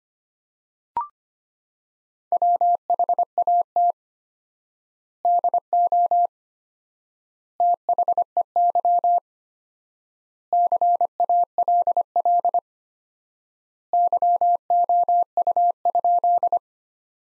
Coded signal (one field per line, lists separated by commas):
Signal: Morse code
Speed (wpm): 25 wpm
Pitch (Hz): 700 Hz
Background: none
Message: WHAT DO THEY CALL YOU?